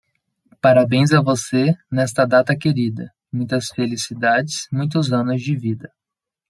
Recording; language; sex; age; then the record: short text; Brazilian Portuguese; male; 30 to 39 years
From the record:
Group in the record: control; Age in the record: 30 years